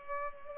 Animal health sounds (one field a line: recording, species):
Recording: mosquito wingbeat signal from an infrared sensor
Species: Culex pipiens